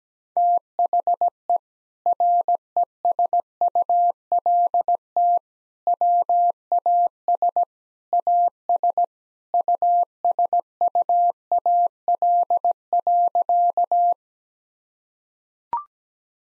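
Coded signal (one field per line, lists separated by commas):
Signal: Morse code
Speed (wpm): 17 wpm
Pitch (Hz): 700 Hz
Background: none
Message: THE RESULT WAS AS USUAL.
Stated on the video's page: Morse practice at 17 wpm, sentences built from the top 1000 words, each sent, spoken, then sent again for head-copy.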